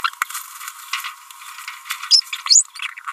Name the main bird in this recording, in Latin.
Forpus passerinus